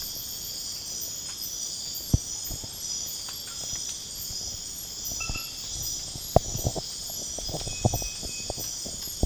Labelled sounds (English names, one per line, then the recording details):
none
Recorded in pastures near Puerto Asís, Putumayo, Colombia, on 12 March 2025 at 03:00
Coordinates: 0.502, -76.324
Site GP07